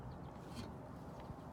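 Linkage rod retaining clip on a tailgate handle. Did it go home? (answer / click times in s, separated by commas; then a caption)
no / none. A plastic retaining clip is handled at the head of the linkage rod on a Tundra tailgate handle during the tailgate re-install, with only low, steady rumble and faint rustling heard. Nothing has seated or clicked yet.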